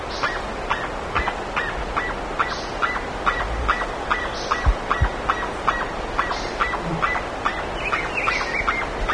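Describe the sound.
Bird uttering quick clipped calls in a steady stream, with a short high twittering burst near the end and continuous background hiss.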